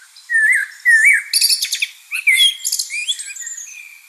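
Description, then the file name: Common blackbird song: two rich whistled notes, then a series of thin squeaky chirps and trills. "Turdus merula"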